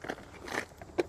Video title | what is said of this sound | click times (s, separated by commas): Is The 2023 Four Winds 28A The Perfect Class C RV For Families? | love having this feature and it stores right in here just as easy as you took it out locks into place | 1.0 s